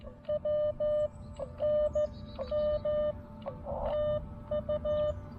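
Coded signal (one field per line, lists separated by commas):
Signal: Morse code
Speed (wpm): 15 wpm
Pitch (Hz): 590 Hz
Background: none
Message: W NM TU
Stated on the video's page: Morse from a first CW Parks on the Air activation.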